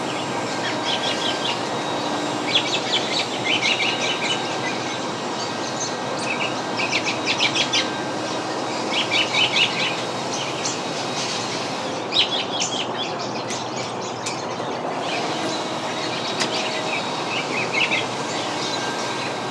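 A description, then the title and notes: Backyard birds sing over the steady drone of a leaf blower in an autumn suburban yard in Michigan. The blower holds a constant, dense roar throughout, while bright chirping phrases come in repeated bursts every few seconds, busiest around the middle and later stretches. A Symphony of Backyard Birds and Blowing Leaves. Unseasonal backyard birds pair their song with a seasonal leaf blower in an autumnal suburban backyard in Michigan.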